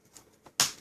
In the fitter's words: you can hear it snap back in